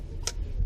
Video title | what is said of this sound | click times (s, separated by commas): 2016 Golf R MK7 First Oil Change After Break-In | turn it till it clicks in | 0.3 s